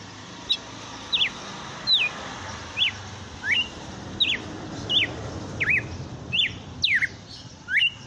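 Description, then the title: Red-cowled cardinal singing short clear whistles, slurring down or up, about a dozen evenly spaced throughout over steady background hiss. Female; bird named Fenrir. "Canto Galo Campina Fêmea. Galo de campina cantando na cara do FREGUÊS - Esse é o FENRIR"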